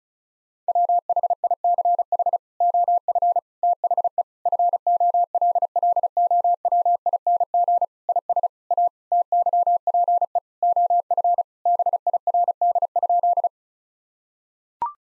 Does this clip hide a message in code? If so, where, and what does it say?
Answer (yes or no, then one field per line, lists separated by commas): yes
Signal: Morse code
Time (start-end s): 0.7-13.5 s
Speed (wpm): 36 wpm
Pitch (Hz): 700 Hz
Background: none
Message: WHICH OF THE FOLLOWING IS A TYPE OF BIRD?